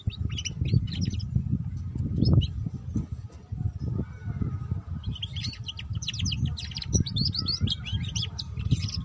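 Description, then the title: Canary with a few short chirps first, then a long rapid twittering trill in the second half, over constant low rumbling noise. Belgian canary; song played to warm up and stimulate singing, suited as a lure for canaries learning the ngeriwik song style. "Canto Para Esquentar Canário Belga. Suara Kenari Belajar Bunyi Ngeriwik || Cocok Untuk Pancingan Kenari Ngeriwik"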